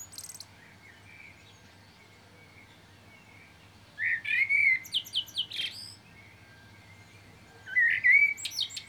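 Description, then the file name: Common blackbird singing two strophes of low fluty warbling topped by rapid, high-pitched chattering notes, with quiet spells between. "Turdus merula"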